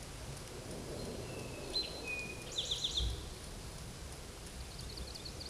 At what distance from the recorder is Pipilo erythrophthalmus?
about 20 m